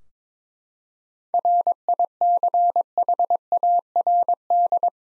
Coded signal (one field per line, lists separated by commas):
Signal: Morse code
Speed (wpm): 22 wpm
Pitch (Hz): 700 Hz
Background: none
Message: RICHARD